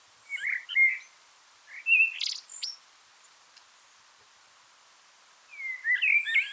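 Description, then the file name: Common blackbird song: three short warbled phrases of mellow fluting notes with squeaky twitters, separated by pauses; quiet background. "Turdus merula"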